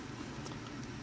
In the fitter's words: we'll just do that off counter it goes and push that in place and now that clicked in place so